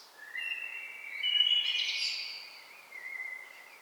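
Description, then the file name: Common blackbird song phrase: mellow fluted notes, a brief scratchy high flourish, then a softer trailing whistle. "Turdus merula"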